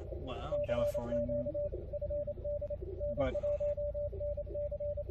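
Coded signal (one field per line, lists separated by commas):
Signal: Morse code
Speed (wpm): 29 wpm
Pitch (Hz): 580 Hz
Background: speech, radio noise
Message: CQ FD N1NC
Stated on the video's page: Morse sent by an operator working CW during Field Day 2023.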